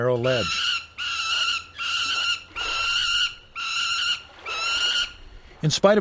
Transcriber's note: Intense begging by a young Peregrine Falcon